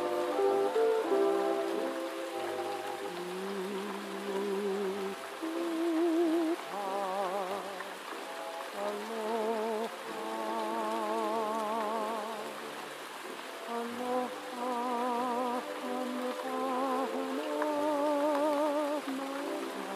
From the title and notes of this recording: Gentle Night Rain & Oldies Playing in Another Room. Step into a nostalgic world of vintage music from another room with soothing melodies of classic oldies.